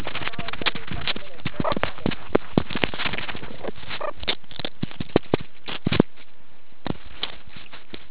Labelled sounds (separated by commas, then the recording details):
meerkat close call
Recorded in the Kuruman River Reserve, South Africa
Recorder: an audio tag on a meerkat's collar